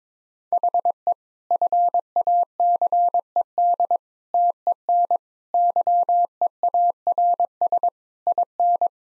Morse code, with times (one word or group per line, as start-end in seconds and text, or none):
0.5-1.1 HE
1.5-4.0 FACED
4.3-5.2 TEN
5.5-7.9 YEARS
8.3-8.9 IN